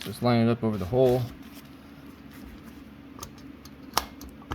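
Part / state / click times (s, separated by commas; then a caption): valve keepers into valve spring retainer on valve stem / seated / 4.0 s. Someone talks briefly while an OMT / LAIKOU 36050 valve keeper installer tool is lined up over the valve stem and pushed down. There is a quiet stretch of faint rubbing and small ticks, then a sharp click at 4.0 s as the steel valve keepers snap into the groove of the valve spring retainer. The keepers are seated.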